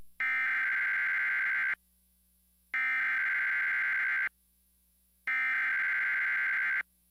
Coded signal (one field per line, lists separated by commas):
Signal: Emergency Alert System (SAME) tones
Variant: header bursts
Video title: EAS and Weatherscan - Severe T-storm Watch - 7:25pm 12/23/2015